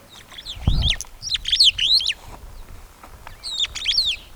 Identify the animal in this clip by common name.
Superb Starling